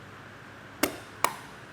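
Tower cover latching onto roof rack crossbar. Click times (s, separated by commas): 0.8 s, 1.2 s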